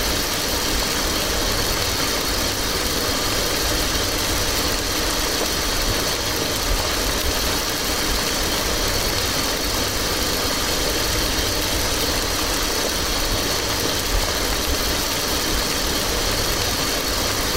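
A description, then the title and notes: Rain taps steadily against a window in a dense, even hiss that holds at the same level for the whole stretch, with no breaks or separate drops standing out. A low, constant rumble sits underneath, like a motor idling. The rain gently taps against the window.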